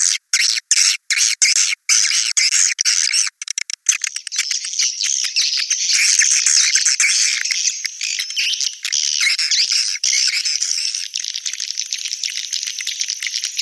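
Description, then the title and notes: Swiftlet calls, sharp separate clicks at first, then a steady unbroken high twittering chatter. Used in swiftlet farming, Asia. "Swiflet Bird Sound. Farming Swiflet Bird asia sound"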